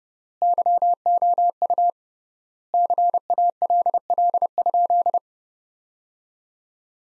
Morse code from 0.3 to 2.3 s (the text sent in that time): YOU